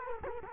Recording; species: mosquito wingbeat signal from an infrared sensor; Culex quinquefasciatus